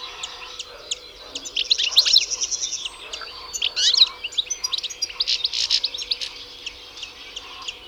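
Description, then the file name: European goldfinch twittering: quick high tinkling notes and short trills, with denser buzzy passages; faint steady hum underneath. "Carduelis carduelis"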